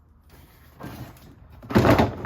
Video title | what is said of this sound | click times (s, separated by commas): New Milwaukee Packout Tool Tray | doesn't lock in of course you need this little space to lock in there in the back | none